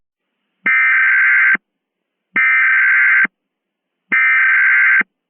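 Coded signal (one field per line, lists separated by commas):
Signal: Emergency Alert System (SAME) tones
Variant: header bursts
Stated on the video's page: Fictional EAS mock scenario using valid EAS tones.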